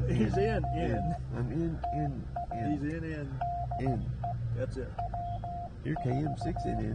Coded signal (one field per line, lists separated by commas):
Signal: Morse code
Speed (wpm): 16 wpm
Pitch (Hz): 700 Hz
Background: speech, radio noise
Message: O TA DE W4